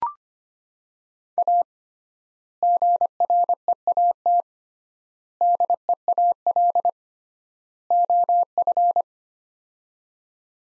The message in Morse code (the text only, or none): A GREAT DEAL OF